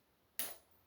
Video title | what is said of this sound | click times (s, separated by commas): All this survival gear can fit in the M38 Swiss uniform as a bug jout jacket for preppers. | you can hear the click so then you know oh something opened around here but it | 0.4 s